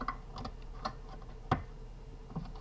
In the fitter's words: then they should click into place like that.